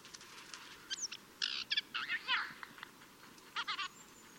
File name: Garrulus glandarius